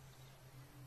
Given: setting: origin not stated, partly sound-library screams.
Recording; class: one-second piece from a danger detection set; normal situation